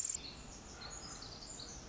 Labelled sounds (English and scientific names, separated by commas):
Pacific Wren (Troglodytes pacificus)